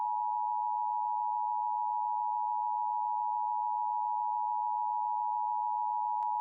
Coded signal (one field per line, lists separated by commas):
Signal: Emergency Alert System (SAME) tones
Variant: 853 and 960 Hz attention tone